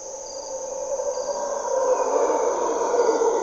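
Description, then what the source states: Mantled howler monkey howls, a low roaring chorus swelling gradually louder, over a steady high insect drone. Mantled howler monkeys (Monos Congos) waking the jungle at morning twilight, Parque Nacional Corcovado, Osa Peninsula, Costa Rica; primary hardwood forest, deep river valley; grunts and calls.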